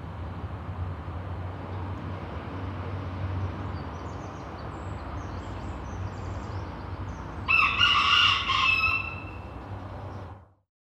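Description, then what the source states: Chicken: one brassy rooster crow arrives late in the recording, about a second and a half long, above a low steady rumble of road traffic. Recorded with road traffic in the background.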